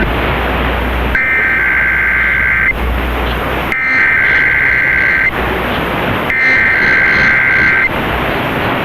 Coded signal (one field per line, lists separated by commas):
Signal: Emergency Alert System (SAME) tones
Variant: header bursts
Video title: KDKA Weekly Test (With A New Voice)(1/9/22)(EAS 1040)